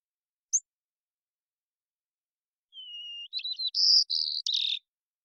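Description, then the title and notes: White-crowned sparrow song: a single sharp chip, a pause, then a long steady whistle followed by jumbled notes, higher whistles and a closing buzzy trill. Probably an immature bird learning the song or experimenting with variation; recorded in the Pacific Northwest, Washington, United States, with a parabolic microphone; cleaned, natural pace and rhythm kept. "White-crowned Sparrow, Zonotrichia leucophrys, Songs and Calls, probably an immature bird learning the song or experimenting with variation"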